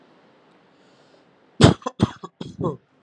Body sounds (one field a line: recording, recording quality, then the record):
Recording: shallow voluntary cough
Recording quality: excellent, no background noise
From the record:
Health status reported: healthy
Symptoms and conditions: diabetes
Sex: male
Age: 36 years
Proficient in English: yes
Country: India